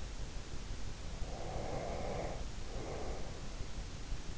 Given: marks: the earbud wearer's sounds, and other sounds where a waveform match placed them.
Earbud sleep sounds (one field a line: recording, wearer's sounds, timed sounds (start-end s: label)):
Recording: sounds in sleep by an in-ear microphone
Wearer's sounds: breath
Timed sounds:
1.14-3.59 s: breath